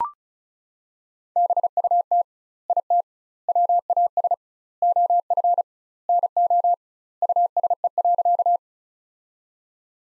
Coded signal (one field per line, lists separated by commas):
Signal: Morse code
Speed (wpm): 36 wpm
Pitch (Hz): 700 Hz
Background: none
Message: BUT IT WAS OF NO USE.